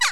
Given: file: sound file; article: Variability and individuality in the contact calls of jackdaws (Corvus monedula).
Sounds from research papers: jackdaw call; harmonic

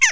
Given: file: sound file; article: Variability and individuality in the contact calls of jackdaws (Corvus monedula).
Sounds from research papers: jackdaw call; harmonic

